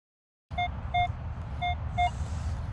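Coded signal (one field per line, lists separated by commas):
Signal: none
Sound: metal detector tones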